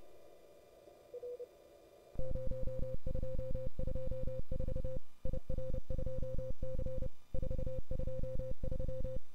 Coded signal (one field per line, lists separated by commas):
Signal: Morse code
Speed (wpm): 30 wpm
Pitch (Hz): 520 Hz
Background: none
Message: R 0224 IR2C 423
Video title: 2022-08-14 WT2P WAE CW With QTC